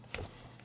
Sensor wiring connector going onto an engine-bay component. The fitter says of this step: let's uh connect this connector back on here we want everything monitoring properly make sure it clicks down